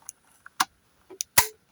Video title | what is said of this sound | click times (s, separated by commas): Dji care refresh #dji #drone #djicarerefresh | and when we hear the click we know that it's in | 1.4 s